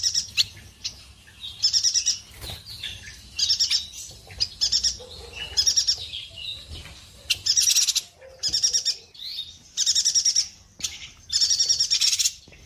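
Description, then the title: Streaked spiderhunter giving repeated short, shrill, buzzy bursts, with sharp clicks and a few softer lower notes. Long, clear, vigorous singing (gacor) meant as a song-tutor (masteran) for birds. "Pijantung Gunung Gacor Jernih Panjang"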